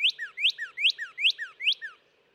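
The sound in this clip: Northern cardinal song: five rapid, loud two-part whistles, each sweeping steeply upward then falling away in a lower slur.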